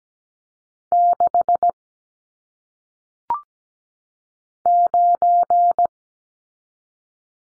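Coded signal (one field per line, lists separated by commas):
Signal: Morse code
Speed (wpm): 17 wpm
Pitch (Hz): 700 Hz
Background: none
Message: 6 9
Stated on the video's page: Single-digit number head-copy drill at 17 wpm, each sent in Morse, spoken, then sent again.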